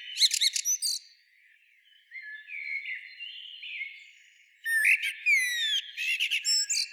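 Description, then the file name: Common blackbird: quick high twitters, a soft fluty warble in the middle, then another burst of sharp, rapidly repeated squeaky notes. "Turdus merula"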